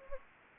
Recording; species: mosquito wingbeat signal from an infrared sensor; Anopheles gambiae